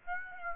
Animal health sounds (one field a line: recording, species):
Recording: mosquito wingbeat signal from an infrared sensor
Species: Aedes aegypti